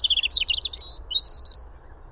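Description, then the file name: European robin, a quick, high, twittering phrase of thin warbled notes followed by a short whistled ending, with low background rumble. "Erithacus rubecula"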